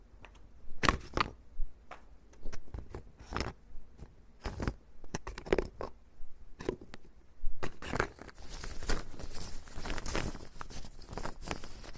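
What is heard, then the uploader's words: Wood scraping in short, irregular strokes. Each stroke is a brief, gritty burst, spaced every half second to second through the first seven seconds. After about 7.5 seconds the strokes crowd together over a continuous rough hiss, denser and brighter to the end. This episode is Wood Scraping.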